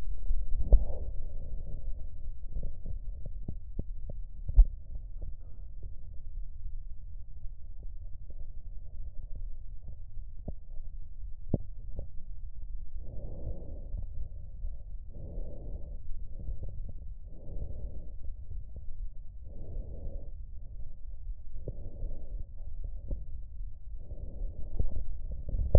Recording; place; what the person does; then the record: lung sounds by stethoscope; right posterior basal chest; quiet breathing, then deep breathing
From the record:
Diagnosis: none (healthy); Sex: male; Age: 29 years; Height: 180 cm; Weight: 100 kg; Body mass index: 30.9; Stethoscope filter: extended mode